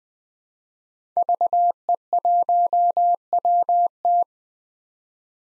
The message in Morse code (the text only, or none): VE1WT